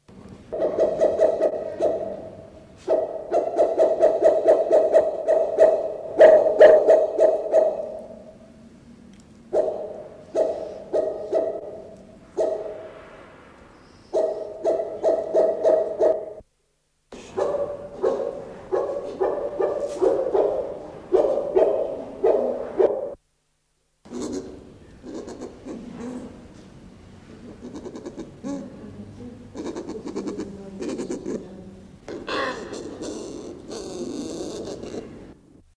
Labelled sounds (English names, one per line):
White-crowned Hornbill call